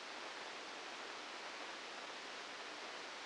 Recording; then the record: brain microelectrode recording played as sound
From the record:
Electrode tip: outside the subthalamic nucleus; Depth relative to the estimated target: -3 mm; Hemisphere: left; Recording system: NeuroSet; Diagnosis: Parkinson's disease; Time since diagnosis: 9 years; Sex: male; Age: 61 years